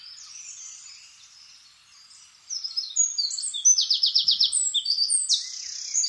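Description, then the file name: Eurasian wren bursting into loud, rapid trills and sharp high notes after a quieter start. The song continues to the end. "Troglodytes troglodytes"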